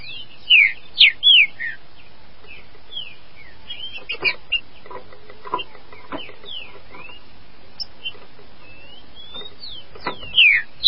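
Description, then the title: Green-winged saltator song: loud, clear whistled phrases with downslurred and rising notes near the start and end, softer whistles and faint clicks between. "Trinca Ferro"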